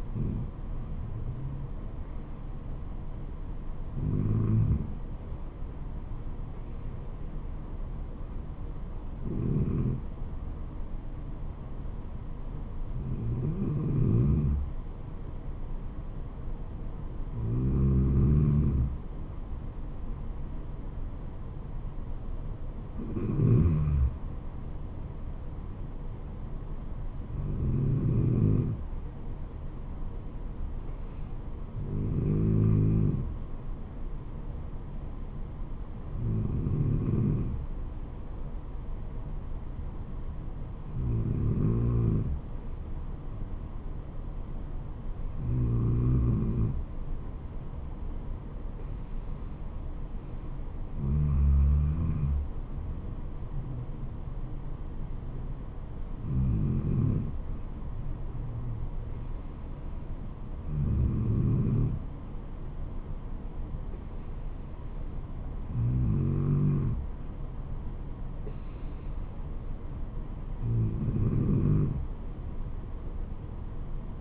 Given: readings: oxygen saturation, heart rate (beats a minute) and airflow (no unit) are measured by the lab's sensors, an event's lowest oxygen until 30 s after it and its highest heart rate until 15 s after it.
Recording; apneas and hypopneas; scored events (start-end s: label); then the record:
breathing in sleep by a smartphone at the bedside; none
none scored
From the record:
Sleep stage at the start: N2 (light sleep); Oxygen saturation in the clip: 93 to 95%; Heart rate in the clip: 63 to 76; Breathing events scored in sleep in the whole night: 426 in 7.4 hours asleep